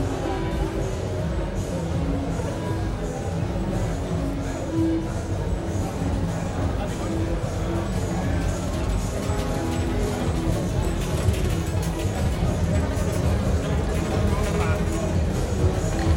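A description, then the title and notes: Continuous crowd chatter at a festival shopping area, many overlapping voices forming a steady murmur with occasional clearer words and faint clatter. Sightseeing in the shopping area of Ginko Modular Festival at De Besturing - The Hague. Recorded with Zoom H6's Mid-Side microphone. Around 6-7 PM.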